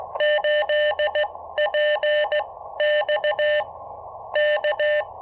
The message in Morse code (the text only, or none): 8P XK